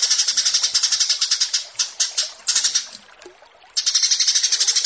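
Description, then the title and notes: Australasian bushlark song: rapid high-pitched pulsed notes repeated several per second, broken by a brief quiet gap before resuming. Bird-keeping song tutoring (masteran). "Branjangan VS BURGER Masteran Mewah 1. burung BRANJANGAN"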